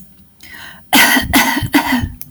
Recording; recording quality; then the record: shallow voluntary cough; excellent, no background noise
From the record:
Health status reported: respiratory illness, not identified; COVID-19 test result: negative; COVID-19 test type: RT-PCR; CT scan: not taken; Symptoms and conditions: asthma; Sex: female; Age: 34 years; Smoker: no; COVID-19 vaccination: both doses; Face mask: not worn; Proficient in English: yes